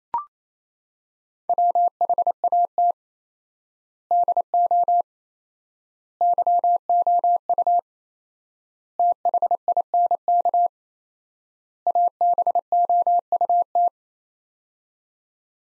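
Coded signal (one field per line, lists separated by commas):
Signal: Morse code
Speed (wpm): 28 wpm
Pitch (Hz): 700 Hz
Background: none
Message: WHAT DO YOU THINK ABOUT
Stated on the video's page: Morse code practice of five-word sets at 28 wpm with 4x word spacing, a Farnsworth-like method using words, each set sent, spoken, then resent.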